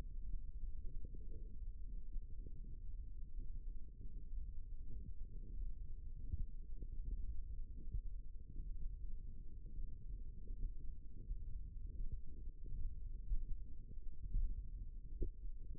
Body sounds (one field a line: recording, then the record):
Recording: forearm muscle sounds (acoustic myography)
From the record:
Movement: finger pinch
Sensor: system 1, eight BSWA MPA416 microphones around the upper forearm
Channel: 3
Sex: female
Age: 22 years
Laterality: right